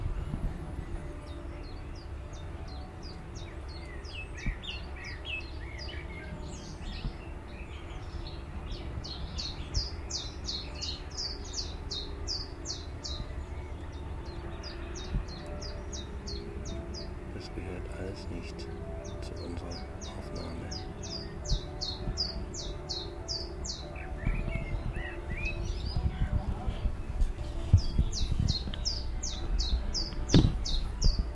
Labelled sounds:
Willow Warbler (Phylloscopus trochilus)
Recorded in captivity
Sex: male
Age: adult
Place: Zoologisches Institut Universität Tübingen und Voliere IV, Baden-Württemberg, DE
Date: 1966-06-07
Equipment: Nagra III PH, MD 421, LGS26
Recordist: Faber, A. and Schneider, H.-J
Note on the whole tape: Phylloscopus trochilus trochilus "sylvestris" . Osteckzimmer. Auch Aufnahmen vom 14. Juni um 13 Uhr und 15. Juni um 8 Uhr 15. 1. Aufn.: Angstlaute (Vogel wurde in Hand gehalten) von Mischsänger. 2. Aufn.: Drei Einzellaute u. zwei Gesänge. 3. Aufn.: Einige gute Gesänge

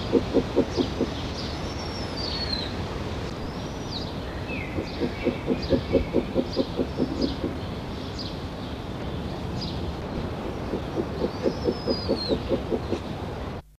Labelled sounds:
Spectacled Owl (Pulsatrix perspicillata) call
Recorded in captivity
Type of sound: call
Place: Zoo Hannover, Niedersachsen, DE
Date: 1975-06-18
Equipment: Halbspur, 9,5 cm/s
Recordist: Lütgens, Hans
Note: Altvögel

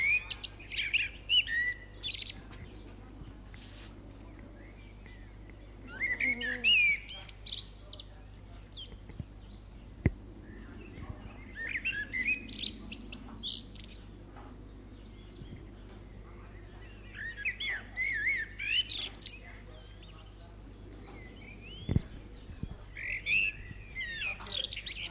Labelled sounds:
Common Blackbird (Turdus merula) song
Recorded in the wild
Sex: male
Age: adult
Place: Lübars, Benekendorffstraße, Berlin, DE
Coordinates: 52.6167, 13.3469
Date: 2004-05-10 18:40
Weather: overcast, 19°C
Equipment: Sony WM-D6C, Sennheiser ME 80, Kopie Uher 4000 Report Monitor
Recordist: Tembrock, Günter
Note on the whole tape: Gesang

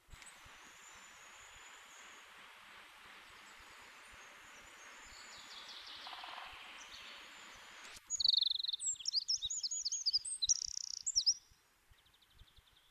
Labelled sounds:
Eurasian Wren (Troglodytes troglodytes) song
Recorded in the wild
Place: Oberstdorf, Bayern, DE
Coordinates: 47.4022, 10.22
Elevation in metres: 1001
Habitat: mountains
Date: 1977-03-25
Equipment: Nagra IV, Sennheiser MKH 405, Parabolreflektor
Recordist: Tretzel, Erwin

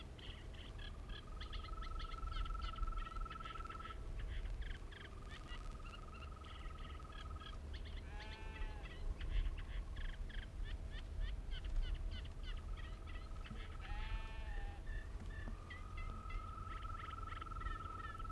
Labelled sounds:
Green Toad (Bufo viridis) call
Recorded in the wild
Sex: male
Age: adult
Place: Berlin, OT Blankenfelde, Berlin, DE
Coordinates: 52.6167, 13.3833
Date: 1960-05-29
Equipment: Reporter, Vollspur
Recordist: Günther, Rainer

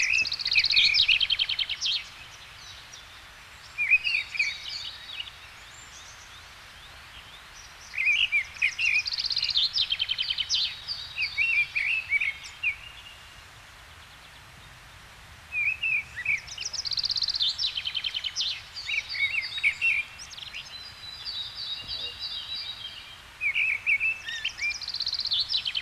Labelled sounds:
Mistle Thrush (Turdus viscivorus) song
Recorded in the wild
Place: Montreux, Kanton Waadt, CH
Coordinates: 46.4586, 6.49
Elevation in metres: 1154
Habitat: mountains
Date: 1986-05-22
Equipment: Uher 4000 Report, Sennheiser MKH 815 T
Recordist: Tretzel, Erwin

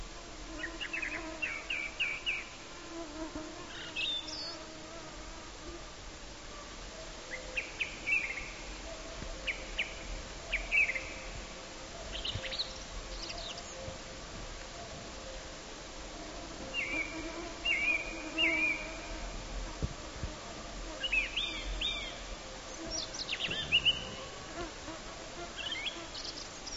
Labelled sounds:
Song Thrush (Turdus philomelos) song
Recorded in the wild
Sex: male
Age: adult
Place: Halbinsel Kindo, Karelien, RU
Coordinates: 66.5425, 33.1406
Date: 1995-06-23 22:42
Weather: fair, 20°C, no wind
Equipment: Sony TCD-D3, Sennheiser MKH 70, Windkorb
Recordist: Frommolt, Karl-Heinz

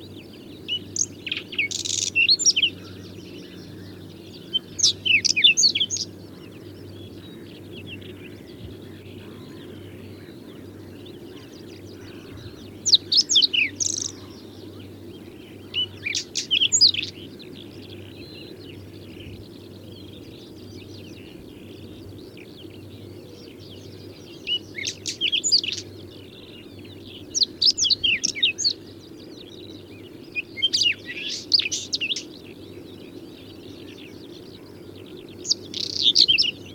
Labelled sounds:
Whinchat (Saxicola rubetra) song
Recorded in the wild
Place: Schwerin, Lewitz, Mecklenburg-Vorpommern, DE
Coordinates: 53.636, 11.401
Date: 1984-04-30 06:42
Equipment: Nagra III BH, Sennheiser MD 21, parabola
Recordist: Schubert, Michael
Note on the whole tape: Gesang Braunkehlchen

